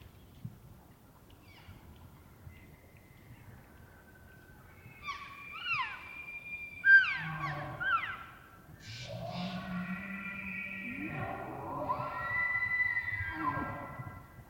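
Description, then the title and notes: Elk bugling: faint whistles at first, then high, sliding whistled bugles with harmonics and low grunting chuckles, overlapping calls building toward the end. Bull elk roaring closer and far during the rut, morning of September 18, Colockum Wildlife Area; males vocal just before hunting season. "Elk Bull Roars Closer And Far With Challenges, Galloping, And Clashing Antlers. morning of September 18, starting pre-dawn. It was rutting season in the Colockum Wildlife area"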